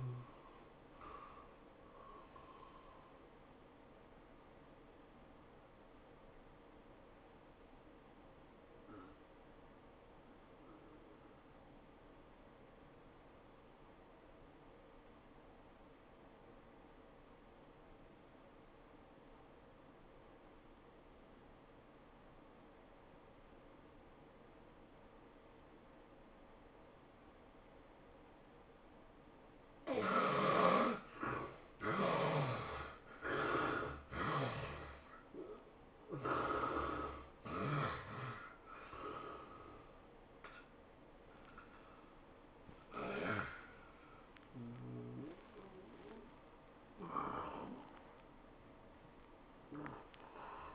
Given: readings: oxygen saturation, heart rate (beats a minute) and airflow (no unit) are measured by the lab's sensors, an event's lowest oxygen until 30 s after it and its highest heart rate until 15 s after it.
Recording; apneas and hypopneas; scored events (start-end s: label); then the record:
breathing in sleep by a voice recorder at the bedside; 1
1.00-31.00 s: new sleep stage, N1 (lightest sleep)
13.00-29.30 s: obstructive apnea (N1, oxygen 94% highest, then 71% lowest, heart rate 89 at the start, 104 highest)
31.00-50.75 s: new sleep stage, awake
33.00-50.75 s: awake
From the record:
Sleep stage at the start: N2 (light sleep); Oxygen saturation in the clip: 69 to 94%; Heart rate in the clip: 78 to 105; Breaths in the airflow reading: 6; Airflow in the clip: -12.4 to 12.4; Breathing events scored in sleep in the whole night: 403 in 5.5 hours asleep